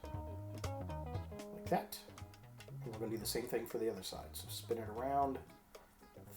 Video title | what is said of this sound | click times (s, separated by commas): 💥 Perceptor - Transformers Studio Series 86 - Transformers the Movie | it's going to snap into place like | 0.6 s